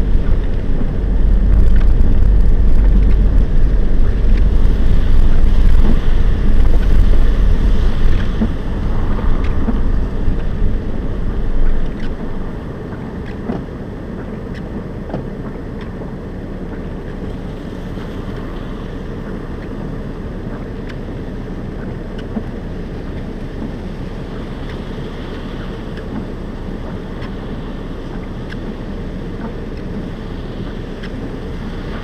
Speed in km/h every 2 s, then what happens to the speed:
21, 20, 20, 19, 18, 10, 0, 0, 0, 0, 0, 0, 0, 0, 0, 0.
0-8 steady at about 20. 8-12 brakes to 0. 12-32 standing.